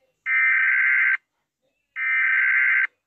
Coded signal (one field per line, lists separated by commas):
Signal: Emergency Alert System (SAME) tones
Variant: header bursts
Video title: Rating EAS alarms Part 2! but i added the languages that they speak